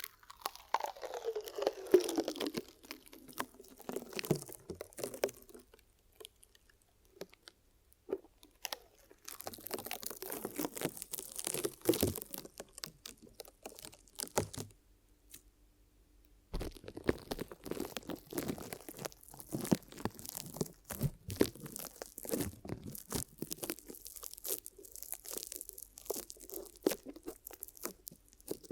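Ear massage and cleaning sounds, with dense crackling, crunching and rubbing that come in bursts and stop briefly. A falling sweep opens the first few seconds. Quieter pauses fall near 7 and 16 seconds, and bright scratchy textures dominate after 9 seconds.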